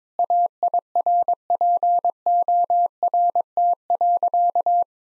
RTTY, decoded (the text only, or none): none